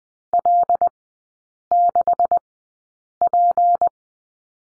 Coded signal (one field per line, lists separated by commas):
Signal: Morse code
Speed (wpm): 20 wpm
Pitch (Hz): 700 Hz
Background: none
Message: L6P